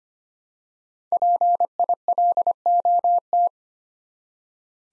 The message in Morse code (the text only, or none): PILOT